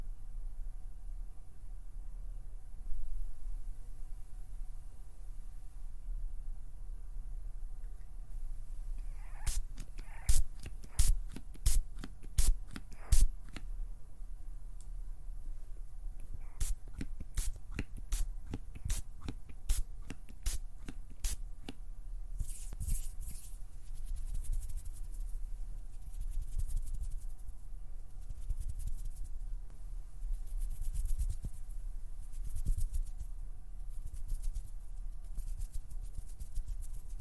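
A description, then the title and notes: Quiet hand sounds: crisp plucking and pinching snaps, several in quick succession around ten to fourteen seconds and again from seventeen to twenty-one. After that come softer, fluttery brushing sounds, with a low hum underneath throughout. PLUCKING, PINCHING, FINGER FLUTTERING, PERSONAL ATTENTION - NO TALKING.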